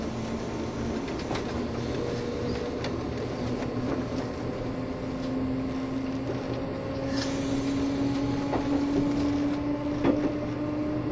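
A Taiwan Railways EMU1200 electric train with nose-suspended motors races along, its motor whining in a steady hum that rises in pitch from about five seconds on. A constant low rumble runs underneath, broken by scattered sharp rail clicks and knocks throughout.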